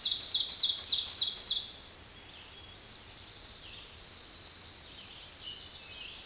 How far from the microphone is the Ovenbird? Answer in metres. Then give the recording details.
about 15 m. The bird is about 5 m above the microphone. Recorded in a Pennsylvania forest on 16 May 2024 at 06:32. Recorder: AudioMoth, point MSD-0475. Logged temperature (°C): 12.3 °C. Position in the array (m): 135 m, 5 m